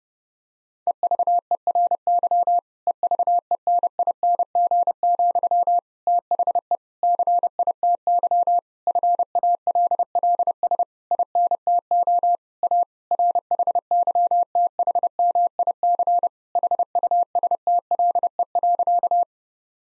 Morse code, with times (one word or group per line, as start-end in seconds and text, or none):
0.9-2.6 EVERY
2.9-5.8 EVENING,
6.1-6.8 THE
7.0-8.6 CITY
8.9-10.8 FALLS
11.1-12.4 INTO
12.6-12.8 A
13.1-16.3 RHYTHMIC
16.6-19.2 HUSTLE.